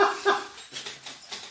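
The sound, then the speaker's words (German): A short, voiced burp with a croaky, tonal edge, followed by a low, rumbling belch and some breathy noise, moderately loud with no talking. “Das war so ein zustimmendes Aufstoßen.”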